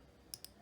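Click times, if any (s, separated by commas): 0.3 s, 0.4 s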